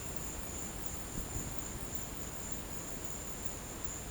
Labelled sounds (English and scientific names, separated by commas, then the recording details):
none
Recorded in dense forest near Puerto Asís, Putumayo, Colombia, on 22 December 2024 at 14:00
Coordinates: 0.484, -76.317
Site G026